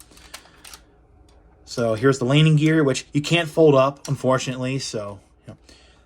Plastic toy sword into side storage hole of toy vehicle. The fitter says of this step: you just plug them into this hole in the hole like this so and it snaps into place there so it's pretty neat